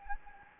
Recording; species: mosquito wingbeat signal from an infrared sensor; Anopheles gambiae